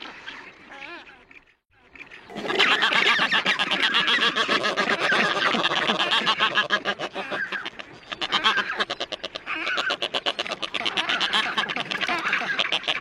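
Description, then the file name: Black-browed albatross calls: a brief wavering whine, a short pause, then a loud continuous mass of rattling, cackling squawks from many birds. "Canto do albatroz de sobrancelha"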